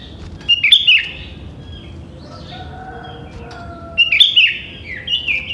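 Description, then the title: Sooty-headed bulbul song: three clusters of bubbly chirping notes, with faint thin whistles in between. "Kutilang"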